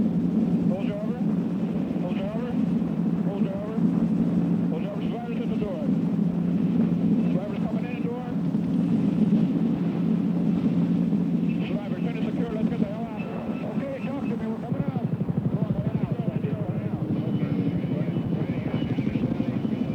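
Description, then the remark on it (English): A large Sikorsky HH-3 helicopter drones steadily for the whole stretch, its low engine hum and throbbing rotor beat holding a constant, heavy pitch, with muffled voices occasionally mixed beneath it. “In December of '65, the situation began to improve with the arrival of the first Sikorsky HH-3s, otherwise known as Charlie Green Giants.”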